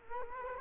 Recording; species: mosquito wingbeat signal from an infrared sensor; Culex quinquefasciatus